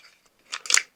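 The axis arm lock on a folded DJI RS4 camera stabilizer gimbal is worked until it lets go so the arm can open and rotate. Faint handling rustle builds into a burst of scraping near 0.5 s, then a sharp click lands at 0.7 s. The lock releases and the arm is free to open.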